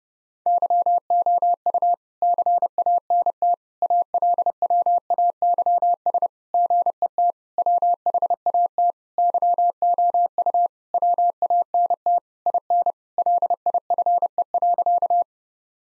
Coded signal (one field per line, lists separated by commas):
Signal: Morse code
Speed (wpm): 32 wpm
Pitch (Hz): 700 Hz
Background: none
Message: YOU CANT ALWAYS GET WHAT YOU WANT IN LIFE.